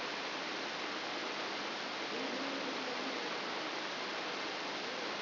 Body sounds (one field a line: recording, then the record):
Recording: brain microelectrode recording played as sound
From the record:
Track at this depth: inside the subthalamic nucleus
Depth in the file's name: 4.502 mm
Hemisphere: left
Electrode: 3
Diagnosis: Parkinson's disease